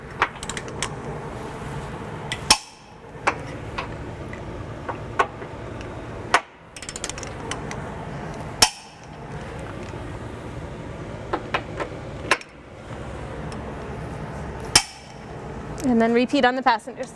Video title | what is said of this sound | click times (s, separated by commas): 2019 Acura MDX Trailer Hitch Installation | You're just going to go to hear that nice click. | 2.5 s, 8.6 s, 14.8 s